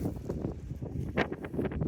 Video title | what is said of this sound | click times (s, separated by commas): Drip Irrigation Kit Set Up & Review | Okay, there we go. Snapped in place. | 1.2 s